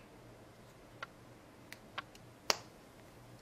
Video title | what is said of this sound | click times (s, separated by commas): How to Replace Team Associated SC10 2WD Transmission Bearings | you should hear a snap | 2.5 s